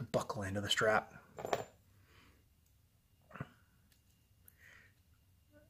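Someone talks while fitting the buckle end of a 24mm two-piece nylon strap on the 12 o'clock side of a Frogman GWF-D1000, working its spring bar into the spring bar hole of a metal JaysAndKays adapter. Soft handling taps follow around 3.4 s and 4.5 s. Nothing has seated or clicked yet.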